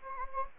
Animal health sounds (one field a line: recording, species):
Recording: mosquito wingbeat signal from an infrared sensor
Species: Anopheles gambiae